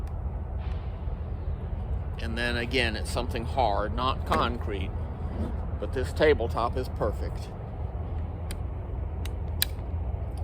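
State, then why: Seated. Someone talks over a low steady rumble while a 10mm MechTech carbine conversion part is slotted onto a pistol frame and pressed down against a hard tabletop. After faint ticks at about 8.5 s and 9.3 s, a sharp metallic click at 9.6 s marks the part locking into place, fully seated on the frame.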